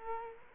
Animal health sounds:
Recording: mosquito wingbeat signal from an infrared sensor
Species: Culex quinquefasciatus

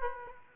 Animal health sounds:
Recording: mosquito wingbeat signal from an infrared sensor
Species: Aedes aegypti

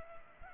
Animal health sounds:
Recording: mosquito wingbeat signal from an infrared sensor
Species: Culex pipiens

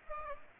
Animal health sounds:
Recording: mosquito wingbeat signal from an infrared sensor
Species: Aedes aegypti

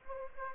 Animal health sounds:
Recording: mosquito wingbeat signal from an infrared sensor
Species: Anopheles gambiae

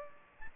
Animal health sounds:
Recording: mosquito wingbeat signal from an infrared sensor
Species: Aedes aegypti

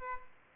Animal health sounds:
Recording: mosquito wingbeat signal from an infrared sensor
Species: Aedes aegypti

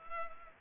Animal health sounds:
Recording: mosquito wingbeat signal from an infrared sensor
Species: Culex pipiens

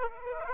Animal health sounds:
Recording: mosquito wingbeat signal from an infrared sensor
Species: Aedes aegypti

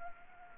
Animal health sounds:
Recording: mosquito wingbeat signal from an infrared sensor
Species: Anopheles gambiae

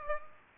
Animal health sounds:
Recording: mosquito wingbeat signal from an infrared sensor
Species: Aedes aegypti

